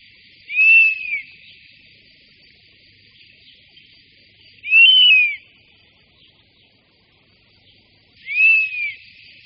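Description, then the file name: European honey buzzard giving thin, arched whistles, three in a row roughly every four seconds, each rising and dropping away, with constant background hiss. "Včelojed-lesní"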